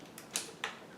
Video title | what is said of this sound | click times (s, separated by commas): RAM install on our Ryzen 3 build - DDR4 RAM install | you just press down on both sides until it clicks into place | 0.4 s, 0.6 s